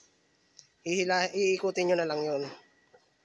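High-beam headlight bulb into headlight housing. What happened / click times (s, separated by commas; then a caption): The bulb is handled but has not yet locked into its housing / none. A high-beam headlight bulb with three tabs is handled at the headlight housing of a Ford Everest, ready to be turned until it locks. A faint tick is heard near 0.6 s, then someone talks over the rest of the clip. Nothing has seated or clicked yet.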